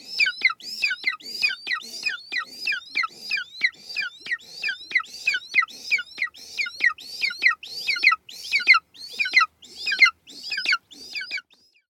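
Golden eagle yelping: a rapid series of high, downward-sliding calls.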